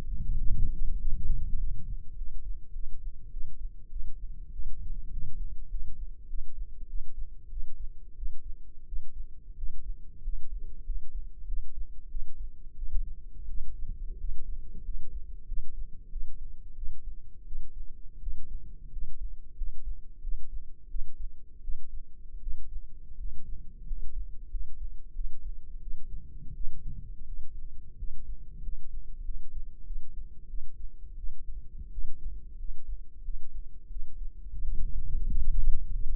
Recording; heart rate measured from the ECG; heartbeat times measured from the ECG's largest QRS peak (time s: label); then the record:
heart sounds by microphone in the left ear; 91 bpm
0.37 s: heartbeat
0.98 s: heartbeat
1.57 s: heartbeat
2.15 s: heartbeat
2.72 s: heartbeat
3.29 s: heartbeat
3.88 s: heartbeat
4.50 s: heartbeat
5.10 s: heartbeat
5.68 s: heartbeat
6.26 s: heartbeat
6.86 s: heartbeat
7.48 s: heartbeat
8.14 s: heartbeat
8.85 s: heartbeat
9.54 s: heartbeat
10.21 s: heartbeat
10.83 s: heartbeat
11.45 s: heartbeat
12.08 s: heartbeat
12.75 s: heartbeat
13.46 s: heartbeat
14.17 s: heartbeat
14.82 s: heartbeat
15.45 s: heartbeat
16.09 s: heartbeat
16.74 s: heartbeat
17.44 s: heartbeat
18.19 s: heartbeat
18.90 s: heartbeat
19.55 s: heartbeat
20.20 s: heartbeat
20.87 s: heartbeat
21.61 s: heartbeat
22.39 s: heartbeat
23.16 s: heartbeat
23.84 s: heartbeat
24.48 s: heartbeat
25.12 s: heartbeat
25.79 s: heartbeat
26.53 s: heartbeat
27.25 s: heartbeat
27.95 s: heartbeat
28.60 s: heartbeat
29.22 s: heartbeat
29.83 s: heartbeat
30.46 s: heartbeat
31.15 s: heartbeat
31.89 s: heartbeat
32.56 s: heartbeat
33.21 s: heartbeat
33.88 s: heartbeat
34.59 s: heartbeat
35.29 s: heartbeat
35.93 s: heartbeat
From the record:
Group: healthy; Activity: cold pressor test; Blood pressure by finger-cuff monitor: 126/84 mmHg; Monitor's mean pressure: 98 mmHg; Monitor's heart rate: 91 bpm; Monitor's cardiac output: 6.7 L/min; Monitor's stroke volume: 75 mL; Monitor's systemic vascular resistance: 1090 dyn s/cm5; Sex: male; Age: 21 years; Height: 180 cm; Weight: 67.5 kg